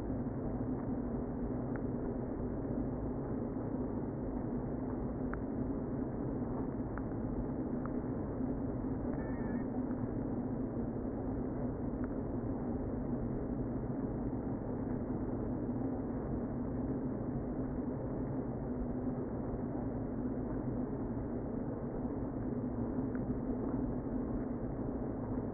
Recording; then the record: honeybee colony, microphone inside the hive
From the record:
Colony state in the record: queen present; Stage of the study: before two queens were removed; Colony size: about 60,000 bees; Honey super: yes